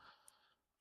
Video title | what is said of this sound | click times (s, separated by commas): How to Build Hoth Rebel Trooper Goggles - Star Wars Cosplay Prop Kit Tutorial | this side, just give it a squeeze. You could feel it when it snaps into place. There you go. | 0.3 s